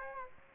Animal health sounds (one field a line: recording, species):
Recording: mosquito wingbeat signal from an infrared sensor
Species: Aedes aegypti